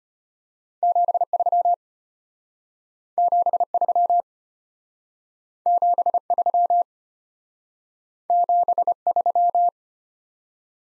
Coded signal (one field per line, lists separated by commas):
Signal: Morse code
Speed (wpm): 31 wpm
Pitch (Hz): 700 Hz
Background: none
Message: 73 73 73 73